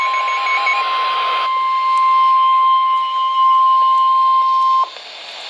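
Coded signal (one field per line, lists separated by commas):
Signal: Emergency Alert System (SAME) tones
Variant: 1050 Hz attention tone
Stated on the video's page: NOAA Weather Radio broadcast of flash flood warnings.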